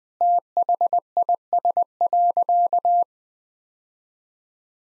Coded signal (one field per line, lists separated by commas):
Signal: Morse code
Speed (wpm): 20 wpm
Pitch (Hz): 700 Hz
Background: none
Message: THIS.